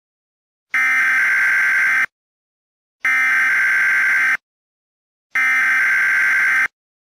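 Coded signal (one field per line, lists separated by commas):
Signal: Emergency Alert System (SAME) tones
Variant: header bursts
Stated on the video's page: Teaser for a fictional EAS scenario about an attack on the United States.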